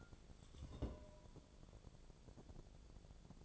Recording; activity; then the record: daily activity, microphone in the room; take from stove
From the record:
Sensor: 5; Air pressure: 1000.0 hPa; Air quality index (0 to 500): 90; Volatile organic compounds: 1 ppm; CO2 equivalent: 740 ppm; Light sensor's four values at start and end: 331/769/337/378 and 330/770/336/377